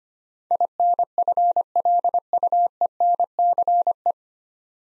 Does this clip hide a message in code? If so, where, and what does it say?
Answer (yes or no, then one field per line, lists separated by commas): yes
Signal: Morse code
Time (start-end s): 0.5-4.1 s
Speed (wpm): 25 wpm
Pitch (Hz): 700 Hz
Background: none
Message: INFLUENCE